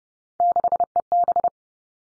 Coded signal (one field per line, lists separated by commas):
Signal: Morse code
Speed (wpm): 30 wpm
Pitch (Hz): 700 Hz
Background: none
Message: 6EB